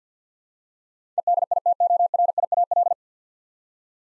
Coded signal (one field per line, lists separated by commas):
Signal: Morse code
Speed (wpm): 50 wpm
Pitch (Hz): 700 Hz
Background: none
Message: EDITORIAL